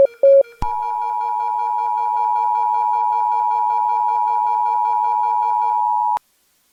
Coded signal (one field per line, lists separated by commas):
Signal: Emergency Alert System (SAME) tones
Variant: 853 and 960 Hz attention tone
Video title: National EAS: Test, Alert 1/6